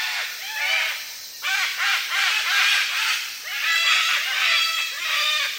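Sulphur-crested cockatoo calls: dense, harsh screeching in rapid overlapping bursts, almost continuous, with one brief lull near the first second.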